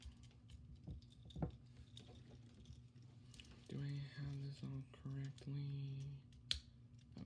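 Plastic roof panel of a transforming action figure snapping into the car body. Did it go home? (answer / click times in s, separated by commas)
yes / 6.5 s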